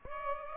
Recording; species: mosquito wingbeat signal from an infrared sensor; Aedes aegypti